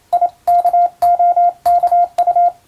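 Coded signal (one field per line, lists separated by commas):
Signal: Morse code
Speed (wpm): 27 wpm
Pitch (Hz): 700 Hz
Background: radio noise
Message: IKOKU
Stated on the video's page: Morse receiving practice in the style of radiotelegraph operator school training, using a European-language telegram sending practice book.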